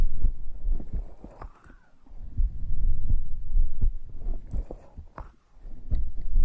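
Soft, deep thumps repeat throughout, with slow swells of breath noise rising and falling underneath. It is a heartbeat and breathing heard up close.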